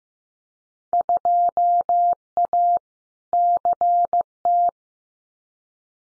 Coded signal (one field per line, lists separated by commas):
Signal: Morse code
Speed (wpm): 15 wpm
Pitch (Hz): 700 Hz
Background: none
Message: 2A CT